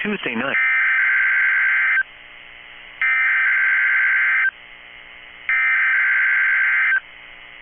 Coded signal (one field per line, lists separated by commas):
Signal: Emergency Alert System (SAME) tones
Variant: header bursts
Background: speech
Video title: EAS #2,340-2,346 Required Weekly Tests 10/22/25